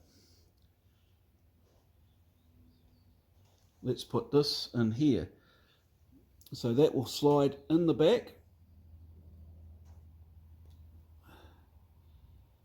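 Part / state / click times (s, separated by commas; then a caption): crimped pin terminal into a DT connector housing / not seated / none. A crimped pin terminal is slid into the back of a plastic DT connector housing while someone talks. The terminal has not yet been pushed home, and nothing has clicked into place yet.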